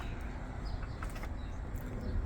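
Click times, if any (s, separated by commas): none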